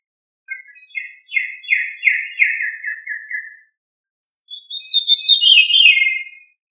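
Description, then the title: Thrush song with a rapid series of repeated notes sliding slightly downward, then after a short gap a high cascading phrase that falls in pitch. "Familia Turdidae - Sabia"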